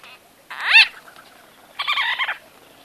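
White-fronted bee-eater calls, two short bursts: a rising rolled note, then after a pause a harsher trilled chirp.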